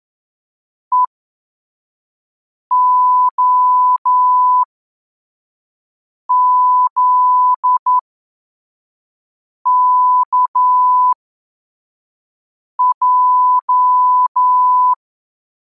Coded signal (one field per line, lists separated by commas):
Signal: Morse code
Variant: Russian alphabet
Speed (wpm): 11 wpm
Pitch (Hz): 1000 Hz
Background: none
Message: ЕОЗКЙ